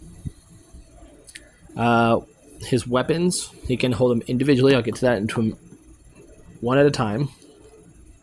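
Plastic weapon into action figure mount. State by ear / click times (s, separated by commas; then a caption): not seated / none. A plastic weapon is handled near its mount on a Transformers Age of the Primes Megatronus The Fallen action figure, with the weapons meant to attach one at a time. Someone talks over quiet handling, with two faint ticks around 1.3 and 1.4 seconds. Nothing has seated or clicked into place yet.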